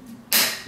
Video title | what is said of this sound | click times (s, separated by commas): WSI – K Series Seal Head Repair Instructional Video | tighten it till you hear the snap if you don't have this type of uh | 0.3 s